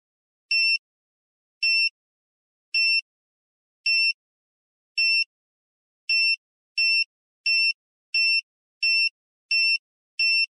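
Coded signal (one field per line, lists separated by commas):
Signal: alarm pattern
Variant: power inverter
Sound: about 12 shrill electronic beeps, first roughly one per second, then quicker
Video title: inverter beep sound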